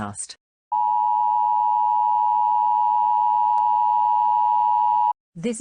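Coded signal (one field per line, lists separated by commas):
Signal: Emergency Alert System (SAME) tones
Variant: 853 and 960 Hz attention tone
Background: speech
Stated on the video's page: Fictional EAS scenario.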